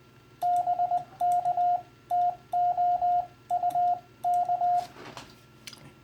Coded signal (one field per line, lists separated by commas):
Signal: Morse code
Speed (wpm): 20 wpm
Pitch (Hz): 710 Hz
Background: radio noise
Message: BK TO UK